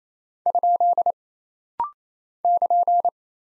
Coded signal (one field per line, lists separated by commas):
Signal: Morse code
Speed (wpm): 27 wpm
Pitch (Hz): 700 Hz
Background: none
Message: ? <KN>